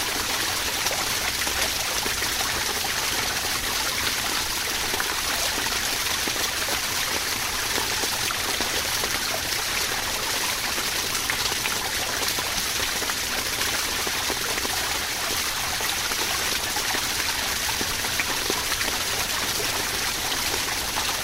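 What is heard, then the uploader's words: A softly flowing stream runs steadily through the whole clip, its gurgling and trickling dense and unbroken. The rushing sound is bright, with quick splashy flickers throughout and a low undertone beneath, holding an even level from start to finish. The peaceful sounds of a softly flowing stream, as it meanders through the forest.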